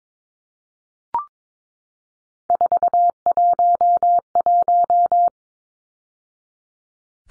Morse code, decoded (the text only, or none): 411